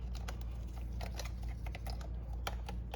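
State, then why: Seated. On a 2016 Hyundai Sonata, after the spark plug change, the ignition coil's plastic electrical connector is pushed back onto the ignition coil, with light ticking and tapping sounds throughout. The connector seats with a sharp snap at 2.5 s, before its red locking clip is pushed down.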